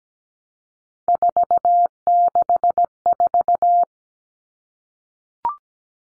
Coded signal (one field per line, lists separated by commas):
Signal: Morse code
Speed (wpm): 17 wpm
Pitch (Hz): 700 Hz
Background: none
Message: 464